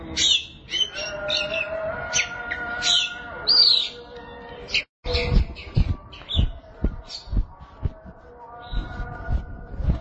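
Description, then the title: Oriental magpie-robin song with scratchy notes and a bright whistled phrase, a brief silence, then more chips amid low thumping noise and hum. Kacer song. "Suara Kicauan Burung Kacer"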